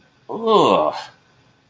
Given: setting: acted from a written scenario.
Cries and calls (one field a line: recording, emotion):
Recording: vocal sound without words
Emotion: disgust